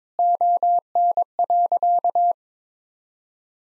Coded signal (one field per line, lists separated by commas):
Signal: Morse code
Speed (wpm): 22 wpm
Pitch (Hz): 700 Hz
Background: none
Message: ON.